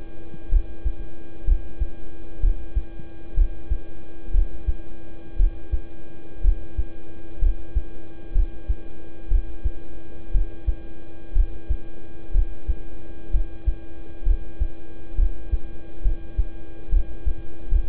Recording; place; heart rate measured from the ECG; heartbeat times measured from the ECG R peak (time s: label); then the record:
heart sounds by stethoscope; between the tricuspid and mitral areas; 63 bpm
0.49 s: heartbeat
1.44 s: heartbeat
2.40 s: heartbeat
3.34 s: heartbeat
4.31 s: heartbeat
5.36 s: heartbeat
6.41 s: heartbeat
7.39 s: heartbeat
8.32 s: heartbeat
9.28 s: heartbeat
10.31 s: heartbeat
11.32 s: heartbeat
12.31 s: heartbeat
13.30 s: heartbeat
14.23 s: heartbeat
15.15 s: heartbeat
16.02 s: heartbeat
16.89 s: heartbeat
17.69 s: heartbeat
From the record:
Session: rest, lying down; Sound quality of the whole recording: good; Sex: male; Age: 26 years